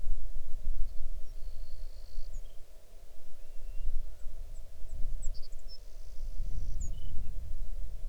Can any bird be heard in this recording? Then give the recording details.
yes. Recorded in the Arctic National Wildlife Refuge, Alaska, on 6 July 2019 at 00:56. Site 39